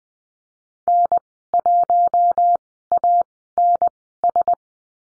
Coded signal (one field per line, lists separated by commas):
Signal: Morse code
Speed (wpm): 20 wpm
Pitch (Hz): 700 Hz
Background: none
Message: N1ANS